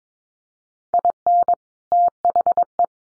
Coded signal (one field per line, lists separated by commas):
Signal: Morse code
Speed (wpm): 22 wpm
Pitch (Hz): 700 Hz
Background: none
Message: IN THE